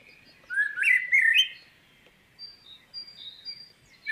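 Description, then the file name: Common blackbird song: a single low fluted warble followed by a twittering flourish, then a few thin, quiet high notes. "Turdus merula"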